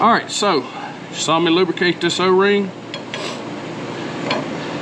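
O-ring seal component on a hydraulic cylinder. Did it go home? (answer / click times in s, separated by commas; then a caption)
yes / 4.3 s. Someone talks over light handling noise as a lubricated O-ring seal part is slid up onto a hydraulic gate cylinder component of a John Deere 385. After a couple of small taps, a sharp little click at 4.3 seconds marks the part snapping into place, fully seated and home.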